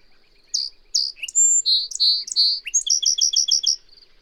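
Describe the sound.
Bird song: a varied high phrase of sharp whistled and chirped notes, closing with a quick run of repeated paired notes, in an otherwise quiet background.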